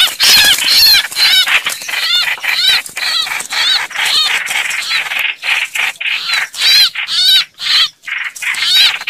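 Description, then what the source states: Red-whiskered bulbul giving excited, wavering warbled notes mixed with harsh chattering rasps, repeated about twice a second. Distress call, a bird calling for help.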